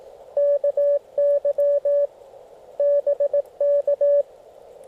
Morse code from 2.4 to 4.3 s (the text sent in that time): BK